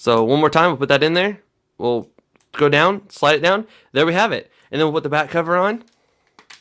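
Someone talks while handling a smartphone, with an SD card being inserted and slid down into place before the plastic back cover is brought to the phone body. A couple of faint, short ticks come near the end, around 6.3 and 6.4 seconds, but the back cover has not snapped on yet and nothing has seated.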